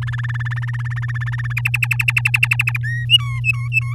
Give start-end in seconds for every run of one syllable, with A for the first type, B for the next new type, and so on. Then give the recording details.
0.02-1.53 A, 1.57-2.78 B, 2.83-3.05 C, 3.09-3.94 D. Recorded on 10 May 2018 at 05:32. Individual llb16